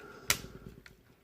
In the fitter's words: that's a nice snap to it and then finally